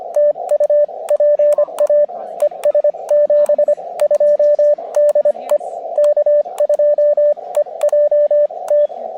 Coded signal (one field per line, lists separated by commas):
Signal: Morse code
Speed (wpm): 25 wpm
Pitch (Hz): 590 Hz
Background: radio noise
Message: TU PA ES 72 DE K2EJT